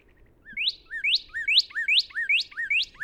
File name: Northern Cardinal